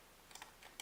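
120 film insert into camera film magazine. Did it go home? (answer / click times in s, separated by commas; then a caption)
no / none. While the release is held pressed, a metal 120 film insert is pushed into the film magazine of a 1972 Zenza Bronica EC medium-format camera. Light metallic ticks and scrapes occur around 0.4 s and 0.6 s, with a sharper tick at 0.8 s as the clip ends. Nothing has seated or clicked home yet.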